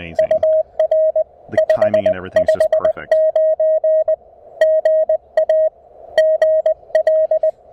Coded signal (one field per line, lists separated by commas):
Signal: Morse code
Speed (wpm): 20 wpm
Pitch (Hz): 620 Hz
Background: speech, radio noise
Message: UR 559 GA GL